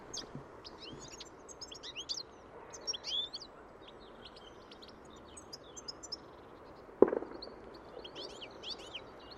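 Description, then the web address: Birds calling in a busy chorus of high, quick chirps and short whistles over a steady background hiss, with one sharp knock midway. "Deverinetal. Bird Only"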